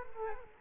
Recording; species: mosquito wingbeat signal from an infrared sensor; Culex quinquefasciatus